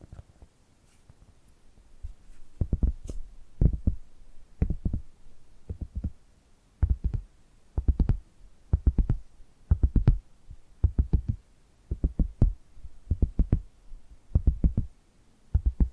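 Tapping in quick, dull bursts, mostly low and thumping with a few sharper clicks reaching higher. The taps come in small clusters of two or three, repeating at a fairly steady pace after a quiet first two seconds, with faint hiss between them.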